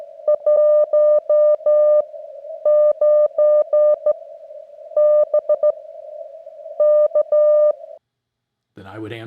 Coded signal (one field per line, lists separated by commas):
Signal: Morse code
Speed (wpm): 14 wpm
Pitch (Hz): 600 Hz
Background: speech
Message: 19 BK